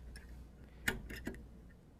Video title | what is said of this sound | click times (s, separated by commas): (Service Video) How to Re-Assemble Autotrol 268 Valve? | once it is engaged you will hear it pop | 0.9 s